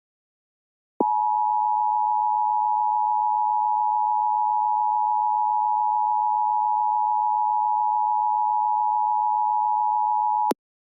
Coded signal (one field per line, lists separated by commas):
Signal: Emergency Alert System (SAME) tones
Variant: 853 and 960 Hz attention tone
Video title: EAS MOCK - TOR-E for Central Kentucky